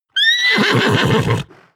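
Horse whinnying, a loud high call that starts shrill and bright, then breaks into a rough, shuddering pulse before cutting off.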